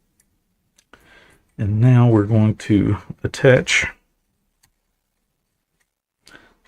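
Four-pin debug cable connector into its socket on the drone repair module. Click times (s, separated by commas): 0.9 s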